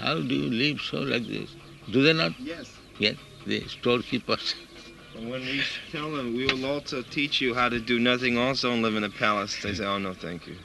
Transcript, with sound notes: How do you live so, like this?" Do they not?
Yes.
Yes. The storekeeper says. [laughs]
And when we tell them, "We will also teach you how to do nothing also and live in a palace," they say, "Oh, no, thank you.